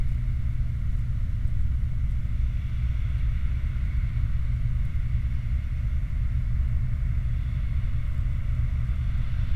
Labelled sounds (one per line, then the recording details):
machinery
flare stack
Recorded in the Prudhoe Bay oil fields, Alaska, on 29 July 2019 at 08:49
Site 29